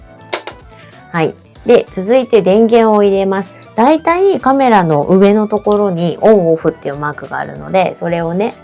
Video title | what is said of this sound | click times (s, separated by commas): カメラ始めたての人へ🔰カメラの選び方から簡単な使い方、撮影モード、保管お手入れまで徹底解説！ | एक lens cap है, है ना? इस कवर को हटा दें। क्लिक | 0.3 s, 0.5 s